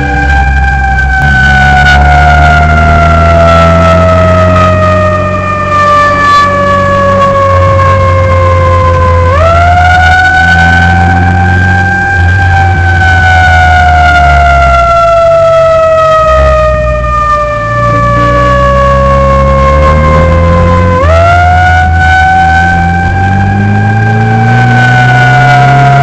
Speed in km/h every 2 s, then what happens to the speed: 35, 44, 50, 50, 46, 45, 48, 33, 18, 22, 32, 31, 44.
0-4 speeds up to 50. 4-12 steady at about 48. 12-17 brakes to 18. 17-24 speeds up to 44.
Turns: none.